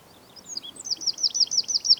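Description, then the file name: Eurasian wren giving high, rapid trilling notes that begin after a moment of faint hiss and build quickly. "Troglodytes troglodytes"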